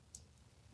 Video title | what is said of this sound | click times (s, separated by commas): NIGHT MODE sa ACTION CAMERA? - SJCam SJ30 Action Camera - Detalyadong Review | Nag-click na. | 0.1 s